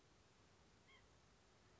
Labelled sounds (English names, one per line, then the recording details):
White-breasted Nuthatch
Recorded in Sonoma County, California